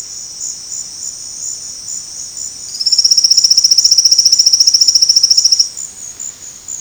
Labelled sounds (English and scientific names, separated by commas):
Silvered Antbird (Sclateria naevia)